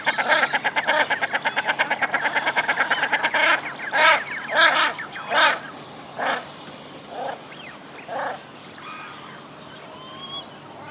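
Common shelduck calling: a rapid chattering run of harsh nasal notes for about three and a half seconds, then several separate honking calls spaced roughly a second apart, fading out, with faint high chirps late.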